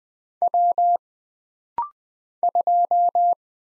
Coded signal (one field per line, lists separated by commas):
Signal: Morse code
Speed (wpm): 20 wpm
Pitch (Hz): 700 Hz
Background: none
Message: W 2